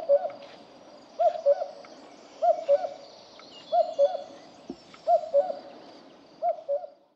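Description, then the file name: Common cuckoo giving its two-note falling cu-coo repeatedly, six phrases in steady series with soft background noise. "cuco cuculus canorus"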